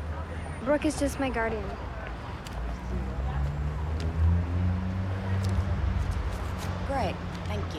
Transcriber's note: soundbite of traffic